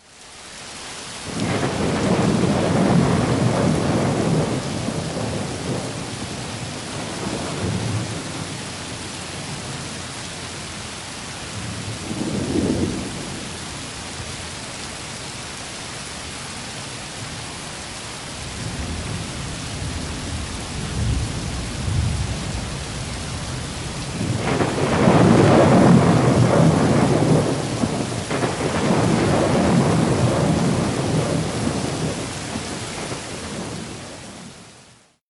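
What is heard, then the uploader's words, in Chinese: A thunderstorm with steady rain hissing throughout and repeated low rumbles of thunder. Long rolls build around the start, a short burst comes near the middle, and the heaviest, closest rumbling arrives in the last third before slowly fading. 大自然的声音_雷雨。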